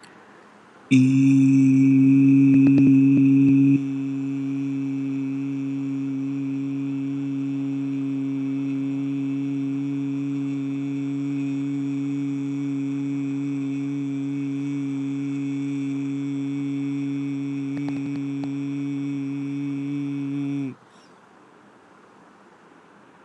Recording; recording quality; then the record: sustained vowel as in beet; moderate, slight background noise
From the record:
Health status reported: healthy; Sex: male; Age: 28 years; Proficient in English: yes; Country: India